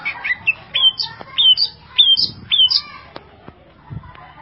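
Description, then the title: Leafbird making bright whistled slurred notes, each dropping in pitch, repeated several times with short pauses, and a few sharp clicks. "Cucak ijo"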